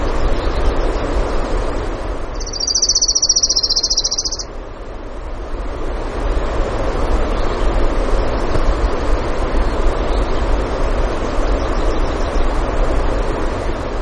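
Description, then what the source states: Orange-crowned warbler giving one rapid high trill of about two seconds early on, followed by steady rushing background noise for the rest of the recording. Denali, Alaska; 16 June 2016, 05:32, early morning.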